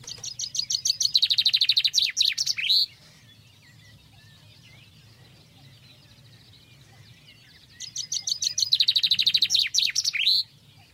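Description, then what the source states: Common chaffinch song, two bright trills of rapid repeated notes, each ending in a flourish. Chaffinches start singing again in February; the song gives a feeling of spring.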